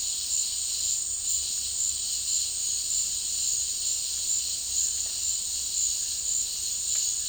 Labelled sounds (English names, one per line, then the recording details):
none
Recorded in dense forest near Puerto Asís, Putumayo, Colombia, on 18 February 2024 at 15:30
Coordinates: 0.485, -76.318
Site G6408